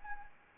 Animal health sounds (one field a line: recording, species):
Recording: mosquito wingbeat signal from an infrared sensor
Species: Anopheles arabiensis